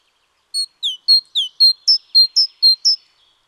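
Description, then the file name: Great tit call: ten sharp, high-pitched notes in quick regular succession, early ones dipping in pitch, later ones flat and slightly higher. "Parus major"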